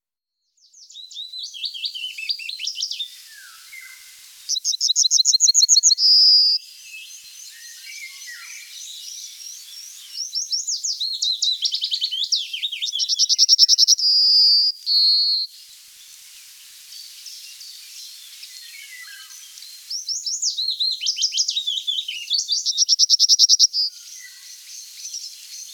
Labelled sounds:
Yellowhammer song
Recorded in the wild
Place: Oberrotweil am Kaiserstuhl, Baden-Württemberg, DE
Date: 1992-05-06
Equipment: Dat-Recorder Casio DA 7, Telinga DAT, Telinga-Parabolspiegel
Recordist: Schwarz, Dieter

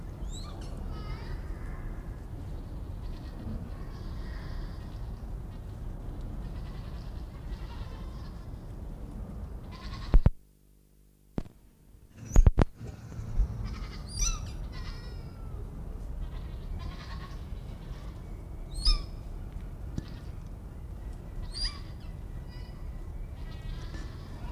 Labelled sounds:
Hog Deer call
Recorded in captivity
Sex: female
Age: adult
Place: Zoo Berlin, Berlin, DE
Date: 1959-11-07 16:00
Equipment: Reporter (Vollspur)
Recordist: Tembrock, Günter
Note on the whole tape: Weibliches Tier: Rufe (am Gitter zum Männchen). Abstand 10 m

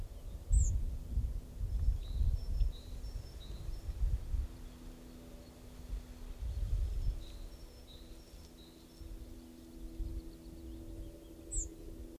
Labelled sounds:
Yellowhammer alarm call
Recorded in the wild
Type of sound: alarm call
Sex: female
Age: adult
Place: Schloß Holte-Stukenbrock, Senne, Nordrhein-Westfalen, DE
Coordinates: 51.8667, 8.66667
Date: 1968-05-26
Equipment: Uher 4000 Report-S, Bändchenmikro Beyer M 260, Parabolspiegel Polyester (470 mm)
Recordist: Conrads, Klaus
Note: Stukenbrock, Furlbach-Gebiet. Weibchen: Warnen

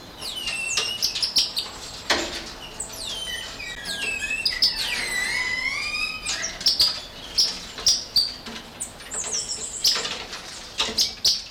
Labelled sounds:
Cottontop Tamarin
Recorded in captivity
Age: adult
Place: Zoo Halle, Sachsen-Anhalt, DE
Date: 1993-04-26 15:52
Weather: heiter, 26 °C
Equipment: Sony WM-D6C, Sony ECM-939 LT, Kopie Uher Variocord 263
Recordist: Tembrock, Günter

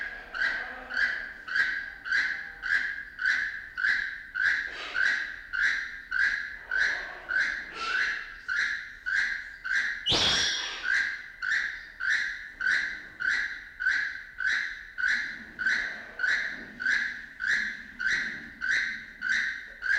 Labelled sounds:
Keel-billed Toucan call
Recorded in captivity
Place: Zoo Berlin, Berlin, DE
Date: 1992-07-11 11:27
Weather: bedeckt, z.T. Regen, 17-22°C
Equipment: Marantz CP 430, Sennheiser ME 80, Kopie Tesla B 116
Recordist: Tembrock, Günter

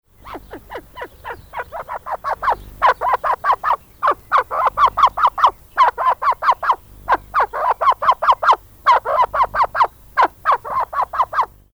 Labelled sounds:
Arabian Partridge
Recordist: Tembrock, Günter
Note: Kurzlautfolge eines Männchens

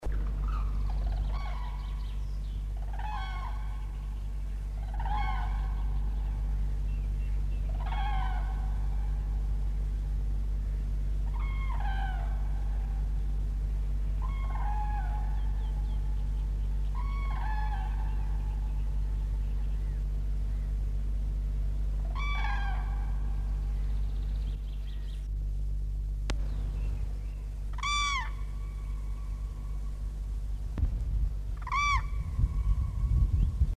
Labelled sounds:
Common Crane call
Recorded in the wild
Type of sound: call
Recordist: Meyer, Hugo
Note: Quorren hell und Trompeten

